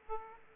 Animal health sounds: mosquito wingbeat signal from an infrared sensor; Aedes aegypti

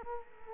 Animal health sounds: mosquito wingbeat signal from an infrared sensor; Culex quinquefasciatus

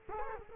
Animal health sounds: mosquito wingbeat signal from an infrared sensor; Culex quinquefasciatus

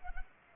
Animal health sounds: mosquito wingbeat signal from an infrared sensor; Culex pipiens

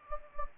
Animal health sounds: mosquito wingbeat signal from an infrared sensor; Anopheles gambiae

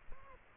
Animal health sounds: mosquito wingbeat signal from an infrared sensor; Aedes aegypti

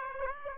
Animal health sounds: mosquito wingbeat signal from an infrared sensor; Aedes aegypti

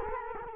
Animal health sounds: mosquito wingbeat signal from an infrared sensor; Culex quinquefasciatus

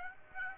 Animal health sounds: mosquito wingbeat signal from an infrared sensor; Aedes aegypti

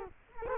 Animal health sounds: mosquito wingbeat signal from an infrared sensor; Culex quinquefasciatus

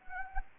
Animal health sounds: mosquito wingbeat signal from an infrared sensor; Anopheles gambiae

